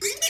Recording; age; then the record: pig call; weaner (32 to 43 days)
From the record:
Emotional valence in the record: negative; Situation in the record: long isolation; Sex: female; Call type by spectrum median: high-frequency call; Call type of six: high-frequency stable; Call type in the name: high-frequency stable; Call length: 0.30 s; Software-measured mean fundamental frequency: 479 Hz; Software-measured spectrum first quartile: 2088 Hz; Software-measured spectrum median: 4746 Hz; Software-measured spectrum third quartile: 6987 Hz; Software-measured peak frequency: 2930 Hz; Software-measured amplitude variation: 201 dB a second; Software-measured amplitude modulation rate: 8.2 a second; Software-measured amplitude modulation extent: 24.5 dB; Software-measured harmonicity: 3.5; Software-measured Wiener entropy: -2.00